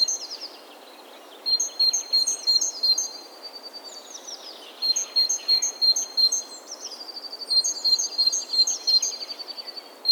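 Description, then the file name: Great tit song: several runs of high two-note whistles repeated steadily, separated by quieter gaps. "Parus major"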